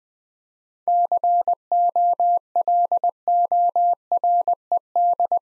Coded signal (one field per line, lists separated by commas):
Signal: Morse code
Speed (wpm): 20 wpm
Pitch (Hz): 700 Hz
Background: none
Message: COLORED